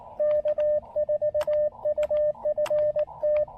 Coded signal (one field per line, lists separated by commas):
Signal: Morse code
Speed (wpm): 18 wpm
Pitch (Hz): 600 Hz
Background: radio noise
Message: K4UFT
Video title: POTA: Making the most of rainy day with QRP and Coffee at Tuttle Educational State Forest!